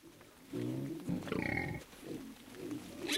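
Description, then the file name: Wild boar producing low grunts and a brief harsh squeal in the middle, then quieter grunting. "vildsvin"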